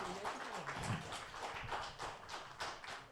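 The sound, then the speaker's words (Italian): A crowd applauds, with steady, dense clapping that holds at an even level for a few seconds and carries some sharper individual claps. “facciamo un applauso ad Alberto”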